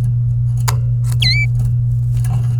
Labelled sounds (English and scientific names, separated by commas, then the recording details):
Domestic Canary (Serinus canaria) song
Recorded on 24 April 2018 at 11:49
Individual llb3